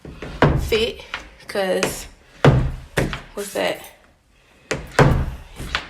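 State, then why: Not seated. An interior door in a newly built house is pushed shut and thuds against the frame several times, the loudest impacts near 0.4, 2.5, 3.0, 4.7 and 5.0 seconds, with someone talking between them. The latch never catches in the strike plate on the door frame, so nothing has clicked or seated, because the door doesn't fit.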